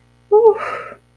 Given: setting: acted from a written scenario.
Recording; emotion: vocal sound without words; ecstasy